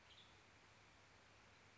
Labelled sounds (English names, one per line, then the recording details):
Western Tanager
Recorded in Sonoma County, California